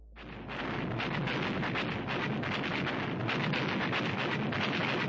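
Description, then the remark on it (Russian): Loud, continuous barrage of rapid anti-aircraft gunfire aimed at an armored personnel carrier, mixed with rumbling explosions near the vehicle, the bursts blurring into a dense, roaring wall of noise with no voices. “И в нашу сторону уже затарахтело еще одно зенитное орудие, перекрыв дорогу серии взрывов в опасной близости от бронетранспортера.”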